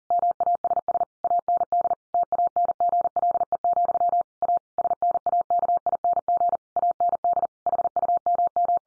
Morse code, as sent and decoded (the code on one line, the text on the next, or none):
-- .- ... ... / .- -. -.. / - .- -. --. .-.. . --..-- / .- / ... -. .- -.- .. -. --. / .- -. -.. / .... ..- -- --
MASS AND TANGLE, A SNAKING AND HUMM